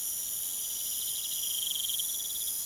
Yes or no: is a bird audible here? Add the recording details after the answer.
no. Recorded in pastures near Puerto Asís, Putumayo, Colombia, on 23 June 2025 at 01:30. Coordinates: 0.486, -76.323. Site H29